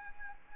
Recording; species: mosquito wingbeat signal from an infrared sensor; Anopheles arabiensis